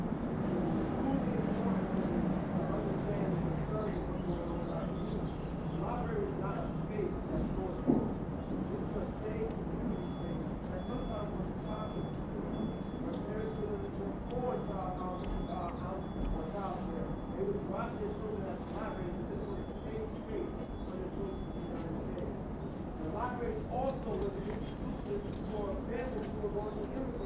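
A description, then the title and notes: A protest at city hall, heard as a dense, steady wash of many voices talking and calling out at once, with no single speaker standing clear. A low rumble of traffic runs underneath throughout, and one brief louder knock or shout stands out near eight seconds. NYC City Hall protest. Protesting budget cuts at city hall.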